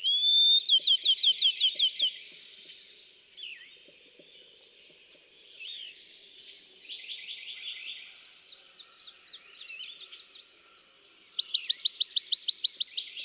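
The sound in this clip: Bachman's sparrow song: a loud trill at the beginning and a clear whistle followed by another trill at the end, with quieter bird song in between.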